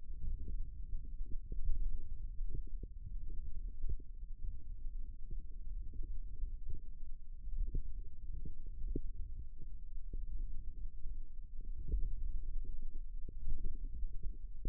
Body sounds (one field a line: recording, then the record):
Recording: forearm muscle sounds (acoustic myography)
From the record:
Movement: thumb flexion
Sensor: system 1, eight BSWA MPA416 microphones around the upper forearm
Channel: 8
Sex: female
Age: 22 years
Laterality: right